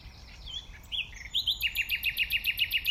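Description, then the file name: Common nightingale song: a few varied whistled notes, then a fast, evenly pulsed series of many sharp repeated notes. "Luscinia megarhynchos"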